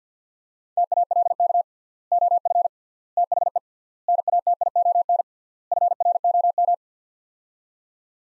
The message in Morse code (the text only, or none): TALK OF THE NATION FROM